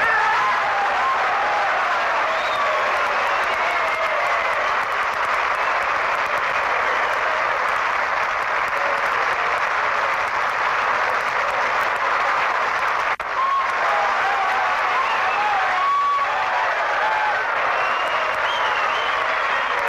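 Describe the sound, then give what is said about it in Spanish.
Sustained, dense applause from a large crowd of boxing fans, an ovation honouring former boxers of the sport's golden age: a steady roar of many hands clapping at once with no pauses, loud throughout the whole stretch. “Ellos resumen toda la historia de la época de oro de este incomparable deporte, para que el público aficionado los recuerde y les tribute una ovación lleno de cariño, de respeto y de admiración.”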